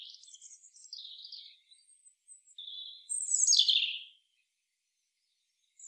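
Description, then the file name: European robin sings soft high warbling notes and a thin whistle, followed by a louder, fizzy descending phrase and then silence. "Erithacus rubecula"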